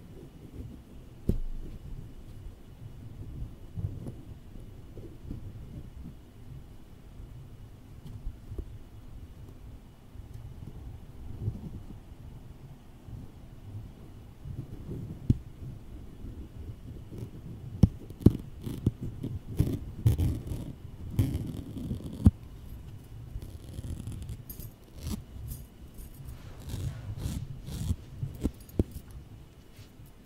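Close-up tapping and tracing on office objects, with a soft low rumbling texture underneath throughout. From about 17 seconds on, sharp clicks and taps come more often and in clusters, especially around 18–22 and 25–29 seconds. A faint steady whine runs in the background.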